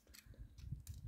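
A plastic body section of a Transformers Legacy Velocitron Collection Galaxy Shuttle toy robot is rocked all the way back into the robot's frame during its conversion. Low handling rustle and a smaller tick at 0.2 s lead to a sharp plastic click at 0.9 s as the section slots into place and seats.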